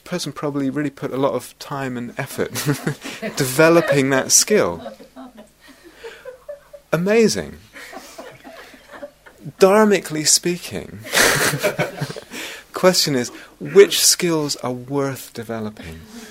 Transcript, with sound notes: The person probably really put a lot of time and effort developing that skill. [laughter] Amazing! [laughter] Dharmically speaking... [laughter] Question is, which skills are worth developing?